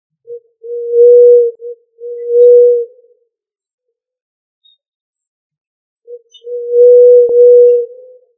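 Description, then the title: Pigeon coos: low, pure hooting notes, each long tone led by a short clipped note; two phrases close together, a long silence, then one more phrase. "Familia Columbidae Pomba"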